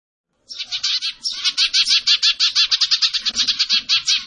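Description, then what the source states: Bird song: a brisk series of harsh, buzzy repeated notes, starting after a brief silence and continuing steadily to the end. Indonesian masteran (training) song of a bird singing energetically (gacor), tembakan style.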